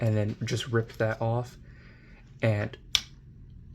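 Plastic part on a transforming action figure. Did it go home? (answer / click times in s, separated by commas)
released / 2.9 s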